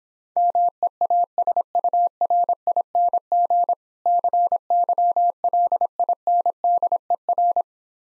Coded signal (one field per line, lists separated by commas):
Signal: Morse code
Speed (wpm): 26 wpm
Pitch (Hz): 700 Hz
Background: none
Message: MEASURING CYLINDER